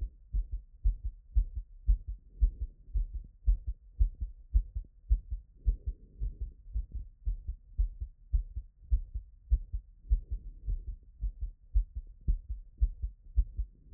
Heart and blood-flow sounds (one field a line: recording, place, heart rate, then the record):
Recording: heart sounds by stethoscope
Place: Erb's point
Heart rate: 106 bpm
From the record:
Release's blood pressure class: hypertension stage 2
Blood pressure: 142/78 mmHg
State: after exercise